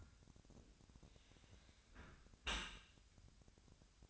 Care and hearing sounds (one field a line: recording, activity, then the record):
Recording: daily activity, microphone in the room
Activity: close dishwasher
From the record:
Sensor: 2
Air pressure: 1006.5 hPa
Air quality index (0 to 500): 204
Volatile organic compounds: 15 ppm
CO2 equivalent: 2489 ppm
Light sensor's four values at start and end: 9/22/9/9 and 9/22/9/9